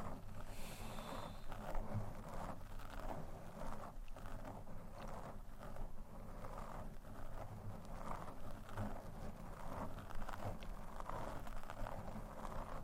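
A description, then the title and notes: Mic scratching: a continuous rough, low rumbling scrape with steady grainy texture, occasional brief brighter rustles and faint thumps throughout. ASMR Mic Scratching (No Talking).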